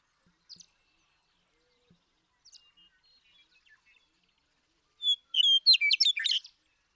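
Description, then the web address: Western meadowlark song: a few faint high chips early, then a loud phrase of clear whistled notes running into a fast, bubbling warble near the end. "birdsongforthecurious Western Meadowlark"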